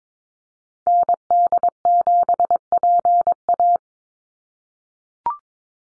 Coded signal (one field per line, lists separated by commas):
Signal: Morse code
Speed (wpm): 22 wpm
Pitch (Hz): 700 Hz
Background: none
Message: ND7PA